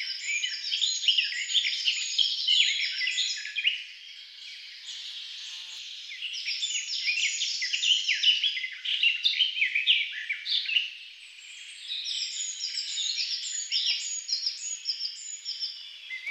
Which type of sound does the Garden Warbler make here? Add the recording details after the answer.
song. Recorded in the wild. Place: Telehany, BY. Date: 2005-05-23. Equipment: Minidisc Sony MZ-R35, Telinga DAT, Telinga-Parabolspiegel. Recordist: Schwarz, Dieter